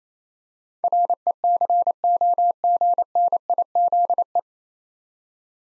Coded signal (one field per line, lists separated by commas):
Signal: Morse code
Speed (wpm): 28 wpm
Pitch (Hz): 700 Hz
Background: none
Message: RECOGNIZE